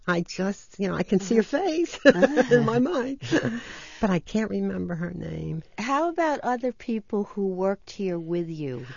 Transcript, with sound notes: I just, you know, I can see her face [laughs] in my mind, but I can't remember her name.
How about other people who worked here with you?